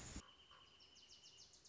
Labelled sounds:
Wilson's Warbler
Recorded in Sonoma County, California

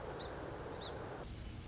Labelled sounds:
Song Sparrow
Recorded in Sonoma County, California

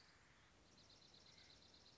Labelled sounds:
Dark-eyed Junco
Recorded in Sonoma County, California

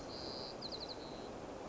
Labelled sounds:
White-crowned Sparrow
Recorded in Sonoma County, California

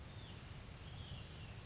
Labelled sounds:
Western Flycatcher
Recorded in Sonoma County, California

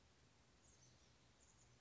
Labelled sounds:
Chestnut-backed Chickadee
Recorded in Sonoma County, California

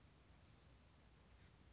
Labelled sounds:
Oak Titmouse
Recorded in Sonoma County, California

